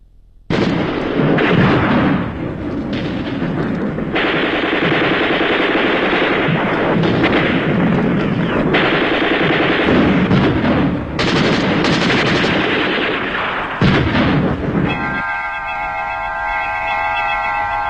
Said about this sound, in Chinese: 那些年月里，飞鸟早已习惯了枪声炮声，习惯了硝烟弥漫的天空，他们却不曾见识过 整个一座城市在颤栗着、摇撼着、倾斜着、旋转着。他们不能想象古城锦州竟这样痛快淋漓地在做一次火浴